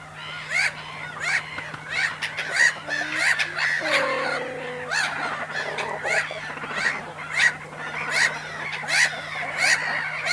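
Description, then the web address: Seagulls: a crowd keeps up loud, repeated yelping calls, harsh and overlapping, with a few lower calls mixed in and a low hum throughout. Loud seagulls recorded at a cormorant nesting site; mono recording with a DPA 4061 microphone. "sonniss gdc audio. animals cormorants nest loud seagulls"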